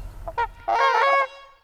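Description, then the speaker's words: Trumpeter swan honking: two brief nasal notes, then a longer drawn-out trumpeting honk. Rare single swan overwintering on an unfrozen pond in Boulder in early February during a mild winter; voice likened to a European taxi's honk. "Ornithologist David Sibley describes the trumpeter's voice as like the honking of a European taxi."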